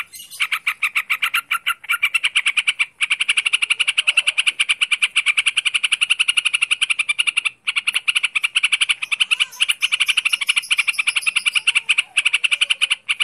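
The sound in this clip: Bird producing a long, fast-paced rattle of buzzy, grating notes, interrupted by a few short pauses.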